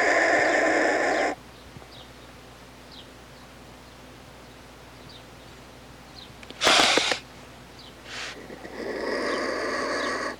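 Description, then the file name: Black vulture hisses: a loud banded hiss stops abruptly, quiet follows, then a sharp burst, a shorter one, and another drawn-out raspy hiss. "Urubu"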